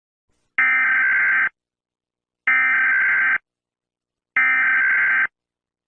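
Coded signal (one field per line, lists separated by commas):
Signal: Emergency Alert System (SAME) tones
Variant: header bursts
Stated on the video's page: Mock EAS alert, not a real activation.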